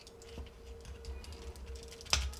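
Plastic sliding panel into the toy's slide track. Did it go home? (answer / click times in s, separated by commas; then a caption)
partly / none. A plastic sliding panel on a transforming robot toy is pushed inward along the toy's plastic slide track, making soft, light scraping and ticking sounds with a brief sharper tap near 2.1 seconds. The panel is not yet pushed all the way in, and nothing has seated or clicked yet.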